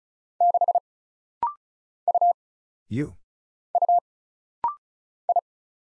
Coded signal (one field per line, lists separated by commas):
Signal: Morse code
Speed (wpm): 36 wpm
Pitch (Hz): 700 Hz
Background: none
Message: 6 U U I